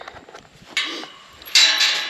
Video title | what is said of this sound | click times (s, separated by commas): Learning To Weld Thin Metal #353 | so pretty much the latch is lining right up and going where it's supposed to go in it good locked into place | 1.5 s